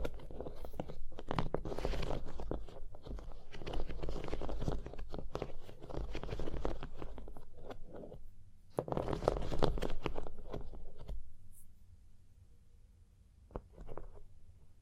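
Dense, crackly scratching and tapping on a surface fills the first eleven seconds, with a brief lull just before nine seconds. After about eleven seconds it drops away to a low hum, broken by a couple of short, soft taps near thirteen and fourteen seconds.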